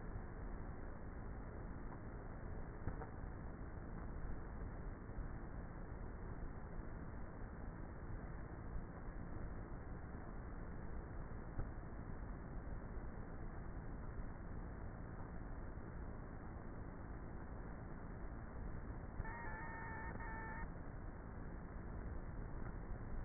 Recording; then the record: honeybee colony, microphone inside the hive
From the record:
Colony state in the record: queenless with a low population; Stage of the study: before two queens were removed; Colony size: about 30,000 bees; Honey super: no